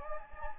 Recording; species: mosquito wingbeat signal from an infrared sensor; Anopheles gambiae